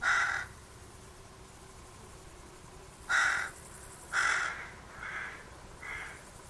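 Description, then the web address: Bird giving harsh, cawing calls: one loud caw, then two more after a pause, followed by two softer ones, each short and raspy. "Deverinetal 2025. Bird Only"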